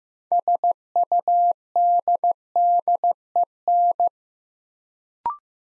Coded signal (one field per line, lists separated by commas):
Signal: Morse code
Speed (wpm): 15 wpm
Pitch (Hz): 700 Hz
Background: none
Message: SUDDEN